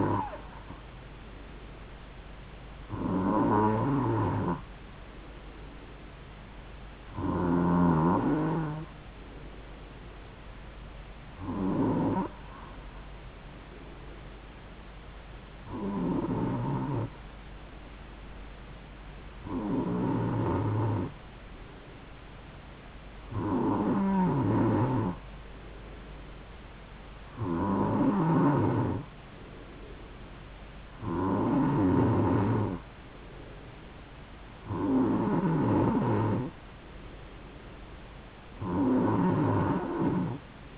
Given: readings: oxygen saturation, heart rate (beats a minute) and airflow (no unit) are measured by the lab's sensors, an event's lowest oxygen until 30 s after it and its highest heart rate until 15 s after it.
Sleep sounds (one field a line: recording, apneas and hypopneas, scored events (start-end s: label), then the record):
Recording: breathing in sleep by a voice recorder at the bedside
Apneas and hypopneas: 1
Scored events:
5.00-28.60 s: hypopnea (N2, oxygen 95% highest, then 92% lowest, heart rate 68 at the start, 71 highest)
From the record:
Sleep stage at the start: N2 (light sleep)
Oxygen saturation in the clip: 91 to 95%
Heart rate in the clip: 66 to 71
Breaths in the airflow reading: 11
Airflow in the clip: -3.2 to 3.3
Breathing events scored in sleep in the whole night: 270 in 6.1 hours asleep